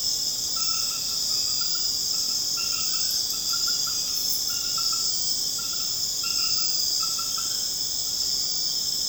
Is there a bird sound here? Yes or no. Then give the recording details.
no. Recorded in secondary vegetation near Puerto Asís, Putumayo, Colombia, on 12 March 2025 at 22:30. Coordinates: 0.485, -76.322. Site G040